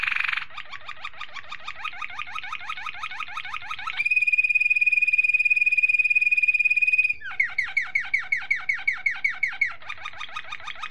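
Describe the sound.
Domestic canary singing a continuous rapid trill, switching to a long clear steady whistle, then back into fast downslurred rolling notes.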